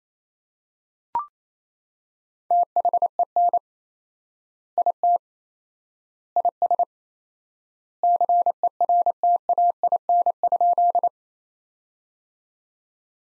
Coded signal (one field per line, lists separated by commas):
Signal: Morse code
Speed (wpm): 28 wpm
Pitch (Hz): 700 Hz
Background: none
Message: THEN IT IS CERTAIN?